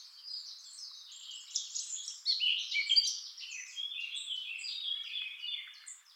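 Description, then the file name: Eurasian blackcap delivering a continuous, rich warble of high twittering and scratchy notes that grows louder around the middle, then trails off. "Sylvia atricapilla"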